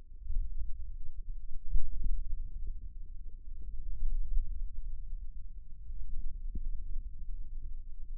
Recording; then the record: forearm muscle sounds (acoustic myography)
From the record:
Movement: wrist flexion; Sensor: system 2, bracelet of six BSWA MPA416 microphones around the upper forearm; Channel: 1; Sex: male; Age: 22 years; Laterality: right